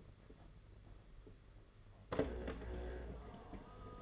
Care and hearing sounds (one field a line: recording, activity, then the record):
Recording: daily activity, microphone in the room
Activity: typing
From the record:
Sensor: 4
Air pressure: 992.6 hPa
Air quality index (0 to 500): 137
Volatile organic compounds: 62 ppm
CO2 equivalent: 3435 ppm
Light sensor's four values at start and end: 19/66/24/25 and 19/66/24/25